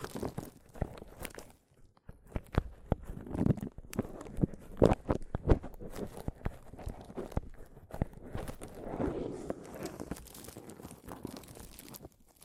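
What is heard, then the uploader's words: Mic tapping and scratching: sharp taps land irregularly throughout, several per second, with the loudest around the three to five second mark. Between taps, rough scratching and crinkling rubs fill the gaps, with a denser, lower patch of scraping near nine seconds. ASMR Mic Tapping and Scratching (No Talking).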